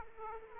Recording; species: mosquito wingbeat signal from an infrared sensor; Aedes aegypti